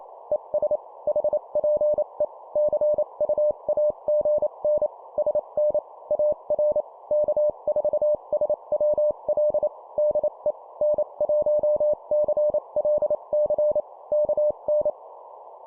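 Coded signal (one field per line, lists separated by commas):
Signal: Morse code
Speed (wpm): 28 wpm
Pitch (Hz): 600 Hz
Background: none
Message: ES HPE CUAGN SN AR K4SWL DE N1CLC KN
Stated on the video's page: Example 25 wpm CW QSO in standard format for copy practice; the station describes 30 watts into a vertical.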